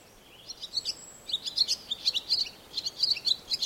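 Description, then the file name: Barn swallow twittering: quick scratchy chirps and buzzy notes tumbling out irregularly, with one thin high whistle near the start and steady background hiss. "Rondine Comune"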